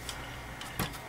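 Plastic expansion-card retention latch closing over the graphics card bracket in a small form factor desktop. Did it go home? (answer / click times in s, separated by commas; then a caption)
yes / 0.1 s, 0.8 s. In an HP ProDesk 600 G1 small form factor desktop, the plastic expansion-card retention latch is pushed closed over the bracket of a low-profile graphics card just seated in the PCIe slot. A short click sounds at 0.1 s, and a louder snap follows at 0.8 s as the latch snaps shut and the card is seated.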